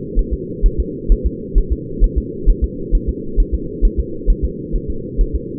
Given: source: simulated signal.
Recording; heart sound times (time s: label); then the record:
fetal heart sounds
0.19 s: S1
0.33 s: S2
0.66 s: S1
0.80 s: S2
1.12 s: S1
1.26 s: S2
1.58 s: S1
1.72 s: S2
2.04 s: S1
2.18 s: S2
2.49 s: S1
2.64 s: S2
2.95 s: S1
3.09 s: S2
3.40 s: S1
3.54 s: S2
3.85 s: S1
3.99 s: S2
4.30 s: S1
4.45 s: S2
4.75 s: S1
4.90 s: S2
5.21 s: S1
5.35 s: S2
From the record:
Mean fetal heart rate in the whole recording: 130 bpm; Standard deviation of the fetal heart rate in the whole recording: 2 bpm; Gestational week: 38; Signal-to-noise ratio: -4.3 dB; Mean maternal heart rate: 72 bpm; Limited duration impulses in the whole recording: absent